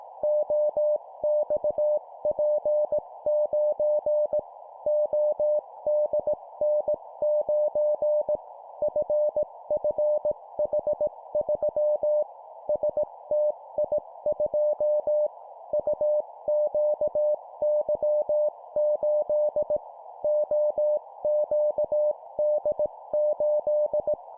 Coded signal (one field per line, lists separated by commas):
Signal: Morse code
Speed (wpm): 18 wpm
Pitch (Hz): 600 Hz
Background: none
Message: OXP9 ODN9 FFH3 STI2 UQY8 OQD8